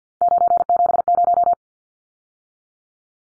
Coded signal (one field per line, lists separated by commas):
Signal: Morse code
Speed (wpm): 50 wpm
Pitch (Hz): 700 Hz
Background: none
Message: 970